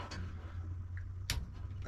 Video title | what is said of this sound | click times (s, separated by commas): 1969 Dodge Charger - Tail Light Wiring Part 2! | here what is the deal here okay there we go that's the click and then | 1.3 s